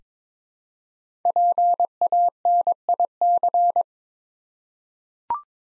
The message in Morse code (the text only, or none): PANIC